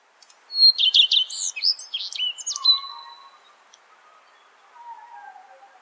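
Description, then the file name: Redstart singing a brisk phrase of repeated notes that breaks into jumbled, scratchy twitters, then falls quiet apart from soft background sound. "Golosa ptic i zverei - Gorihvostka"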